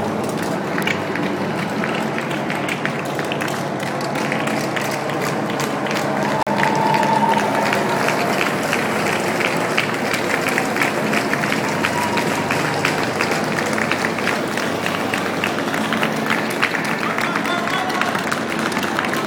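A dense, steady crowd wash as the Berlin Marathon leaders pass by, with cheering, voices and clapping blending into a continuous roar. Rapid ticking patters run throughout, and around seven seconds a brief tonal whistle or horn rises above the crowd.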